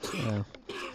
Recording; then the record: coughing mixed with background sound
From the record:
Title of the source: 64 coughing, allergies, singing lungs